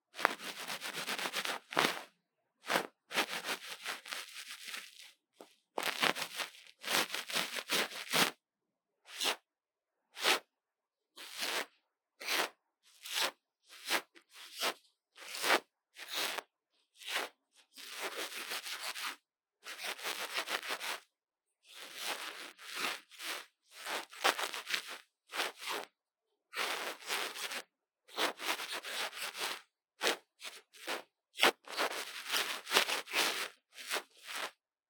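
Ear cleaning sounds: bursts of bright, crunchy scratching and rubbing in short stops and starts, quickening and packing closer together after fifteen seconds.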